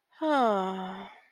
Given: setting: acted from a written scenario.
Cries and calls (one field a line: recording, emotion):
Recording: vocal sound without words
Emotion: desire